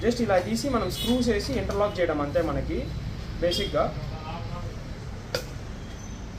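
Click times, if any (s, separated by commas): 5.3 s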